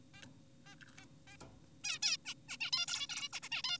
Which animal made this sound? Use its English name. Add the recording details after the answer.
Zebra Finch. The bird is an adult. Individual g4p5U